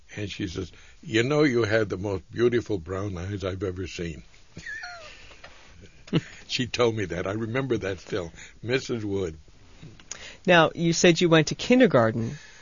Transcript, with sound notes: and she says, " You know, you have the most beautiful brown eyes I have ever seen. " ( he laughs) She told me that. I remember that still. Mrs. Wood.
Now, you said you went to kindergarten.